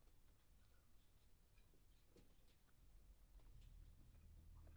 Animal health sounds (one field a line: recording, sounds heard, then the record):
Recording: poultry house recording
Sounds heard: sick chickens (respiratory disease)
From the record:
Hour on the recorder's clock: 22